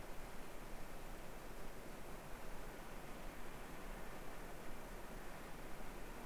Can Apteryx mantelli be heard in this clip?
no